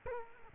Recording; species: mosquito wingbeat signal from an infrared sensor; Culex quinquefasciatus